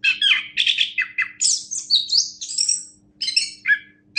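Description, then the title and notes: Orange-headed thrush song: a rich run of varied whistled and chirping phrases, with a faint steady hum beneath. National champion songbird. "Anis Kembang Juara Nasional. kicau anis kembang"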